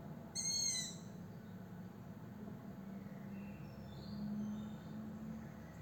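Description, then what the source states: Owl giving one short, harsh, harmonic-rich call with a steady pitch, then silence apart from a constant low hum and faint higher sounds. 26 June 2022.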